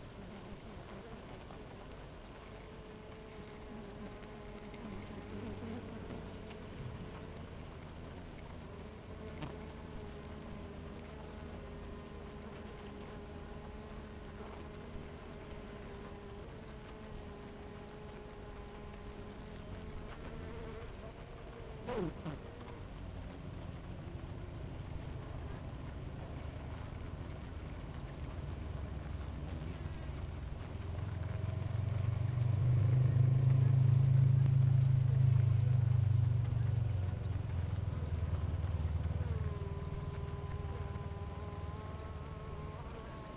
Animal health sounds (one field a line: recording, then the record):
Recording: honeybee colony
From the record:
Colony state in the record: active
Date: 28 July 2017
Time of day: 7:44